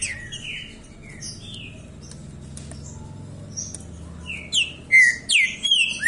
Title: Canto De Trinca Ferro Voz 07. O ANO TODO DESSE JEITO, ESSE TRINCA FERRO CANTA DIRETO